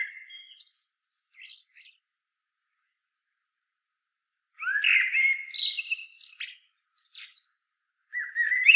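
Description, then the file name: Common blackbird song: the end of a phrase with a squeaky high twitter, a long pause, a full phrase of fluted notes and twitters, then another phrase beginning. "Turdus merula"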